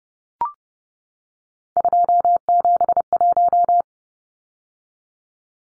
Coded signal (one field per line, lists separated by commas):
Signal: Morse code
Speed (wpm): 30 wpm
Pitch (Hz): 700 Hz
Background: none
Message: 271